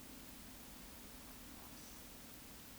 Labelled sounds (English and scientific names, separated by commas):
Eurasian Woodcock (Scolopax rusticola) whistle, Eurasian Woodcock (Scolopax rusticola) croak